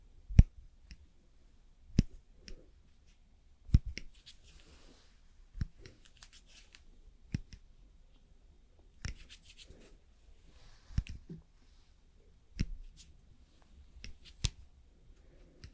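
Someone doing nails makes sharp clicks and taps about every two seconds, with soft scraping and brushing sounds between them over a low hum.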